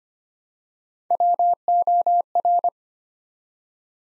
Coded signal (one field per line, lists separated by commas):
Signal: Morse code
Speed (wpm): 25 wpm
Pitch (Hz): 700 Hz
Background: none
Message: WOR